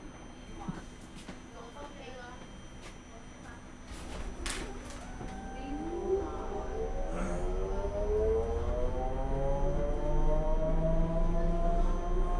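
A city bus pulls away with a rising engine whine that climbs steadily in pitch, over clicks, rattles and faint voices inside.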